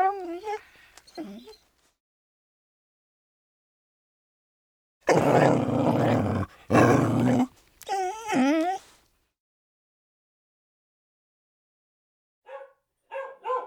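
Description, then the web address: Dog with high wavering whines at the start, harsh, rough bursts in the middle, and a few short high calls at the end. Medium-sized mixed-breed dog barking. "Matthew Kramer. Dog,Mixed Breed Medium Dog"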